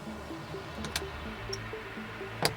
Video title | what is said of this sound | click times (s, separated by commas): Toyota Corolla Rear Door Panel Removal 2014, 2015, 2016, 2017, 2018, 2019 | and now it clicked in | 2.4 s